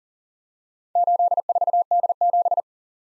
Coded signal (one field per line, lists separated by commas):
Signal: Morse code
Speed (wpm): 47 wpm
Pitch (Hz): 700 Hz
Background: none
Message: 84D7